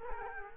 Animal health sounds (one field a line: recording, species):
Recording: mosquito wingbeat signal from an infrared sensor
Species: Culex quinquefasciatus